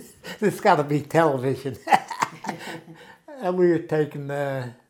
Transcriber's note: chuckles